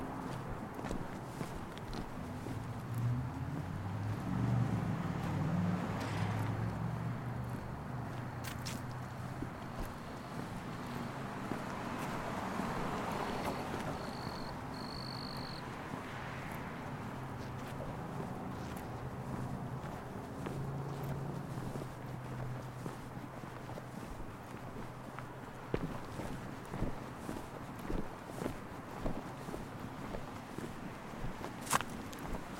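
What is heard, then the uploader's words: Hotel comings and goings with traffic rumbling low throughout, loudest in the first few seconds as a vehicle passes. A steady wash of water or hiss sits underneath, a brief high tone appears near fifteen seconds, and scattered clicks and footsteps sharpen toward the end. A slightly different walk thought the area around my hotel in San Antonio. Slightly different path through the buildings along 410. For this walk I recorded on an F6 via the line-out of a an H5 and it’s stereo X/Y capsule. Slightly more handling noise because of the cable into my bag.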